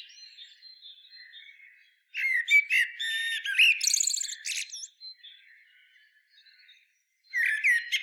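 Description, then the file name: Common blackbird song with quiet warbling, then a loud, busy phrase of squeaks and trilled twitters, a soft lull and another sharp burst. "Turdus merula"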